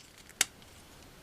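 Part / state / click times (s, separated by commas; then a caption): robot head into the torso of an action figure / seated / 0.4 s. During the transformation of a Transformers Prime Robots In Disguise Thundertron action figure, the plastic robot head is pushed up into the torso. A single sharp, bright click at 0.4 s stands out against an otherwise quiet background with only faint small ticks. The head pops into its socket and is seated in place.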